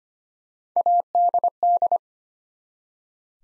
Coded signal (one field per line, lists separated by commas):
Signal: Morse code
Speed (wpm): 25 wpm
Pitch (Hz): 700 Hz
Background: none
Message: ADD